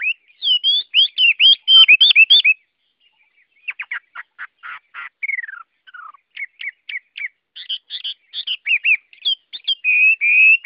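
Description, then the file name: Chinese hwamei song: loud, varied whistled phrases with rapid looping notes, then quick downslurred trills and clear repeated whistles, shifting pattern throughout. Song in the forest-voice style (giọng rừng). "Tieng hoa mi hot giong rung"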